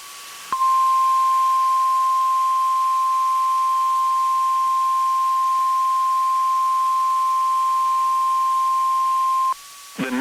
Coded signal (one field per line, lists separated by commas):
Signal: Emergency Alert System (SAME) tones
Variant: 1050 Hz attention tone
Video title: [EAS #2587-#2603] Mid Week Alerts & Tests (8/01/23 - 8/02/23)